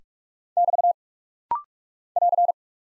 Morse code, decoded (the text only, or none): <BT> <AR>